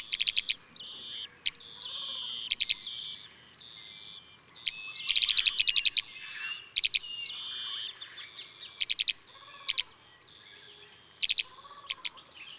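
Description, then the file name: Asian green bee-eater calls: high, level trilled notes repeated throughout, broken by bursts of sharp rapid clicking notes. "abelharuco verde Merops orientalis"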